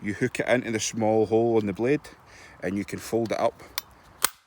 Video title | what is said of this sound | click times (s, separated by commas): Gerber vs bahco - The battle is the saws | and it tensions it and makes a solid click now that will no wobble as much and i'll have any free play | 4.2 s